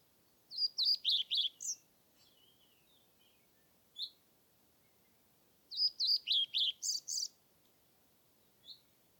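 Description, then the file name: European Pied Flycatcher song in two brisk phrases of sweet, falling notes, with isolated single chirps between and after them. Submitted recording made 25 May 2021 at Nordvik, with a Zoom recorder. "20210525 svarthvit nordvik zoom"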